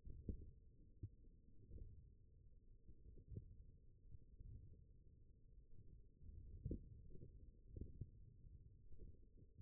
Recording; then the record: forearm muscle sounds (acoustic myography)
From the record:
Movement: hand closing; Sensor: system 1, eight BSWA MPA416 microphones around the upper forearm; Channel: 7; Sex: male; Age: 20 years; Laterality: left